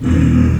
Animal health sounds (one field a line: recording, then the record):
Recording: squeal of a Yucatan mini pig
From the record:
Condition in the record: after surgery on the right vocal fold (resection and tissue-engineered implant)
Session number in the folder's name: 11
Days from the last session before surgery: 98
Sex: female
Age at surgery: 19 weeks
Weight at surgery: 25 kg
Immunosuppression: prednisolone